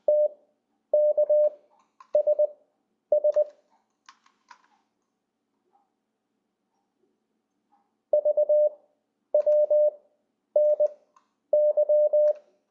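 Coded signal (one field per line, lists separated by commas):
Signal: Morse code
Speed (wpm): 20 wpm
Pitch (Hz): 600 Hz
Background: none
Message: TKSS VWNY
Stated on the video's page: Morse from LCWO, an online tool for learning CW.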